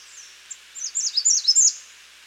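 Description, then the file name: American redstart song, a brief burst of thin, high, slurred notes. "Setophaga ruticilla - American Redstart"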